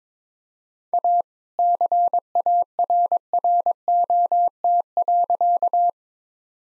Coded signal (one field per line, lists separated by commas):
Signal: Morse code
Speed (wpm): 22 wpm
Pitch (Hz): 700 Hz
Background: none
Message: A CARROT.